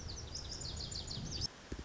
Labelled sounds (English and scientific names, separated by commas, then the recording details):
Lazuli Bunting (Passerina amoena)
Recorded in Sonoma County, California